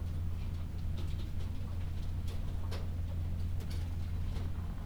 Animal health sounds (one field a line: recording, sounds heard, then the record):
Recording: poultry house recording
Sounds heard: sick chickens (respiratory disease)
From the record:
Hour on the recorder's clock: 12